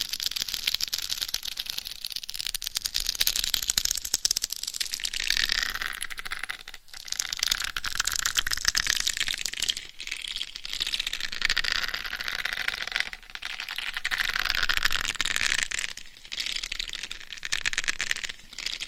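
Scratching and massaging on a binaural head mic makes a dense, continuous crackling rasp, bright and hissy with almost no low end. The scratching swells and eases in waves, with brief gaps near 2, 7, 10, 13 and 16 seconds.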